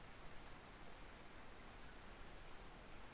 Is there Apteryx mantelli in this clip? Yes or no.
no